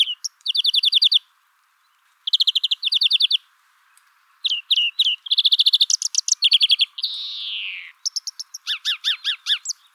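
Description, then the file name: European greenfinch twittering song of fast trills and rolling notes, with a drawn-out nasal wheeze late in the song followed by more chirping phrases. "Chloris chloris"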